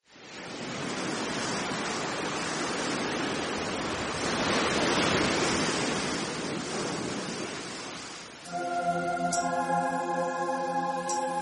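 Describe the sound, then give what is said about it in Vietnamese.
A steady, hissing wash of surf rolls over sand with a windy rush, swelling slightly midway, before a sustained tonal hum takes over in the final few seconds. “Tất cả đều im lặng, chỉ có tiếng sóng biển ọp ọp dỗ về bờ cát vào ù gió.”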